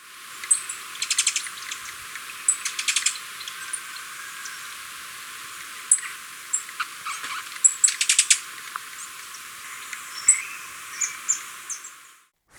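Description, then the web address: Superciliaried hemispingus calls: scattered high chips and short buzzy rattles, coming irregularly every second or two against faint background hiss. Ecuador. "Birds of Ecuador. Superciliaried Hemispingus"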